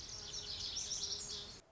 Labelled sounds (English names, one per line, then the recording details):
Lazuli Bunting
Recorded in Sonoma County, California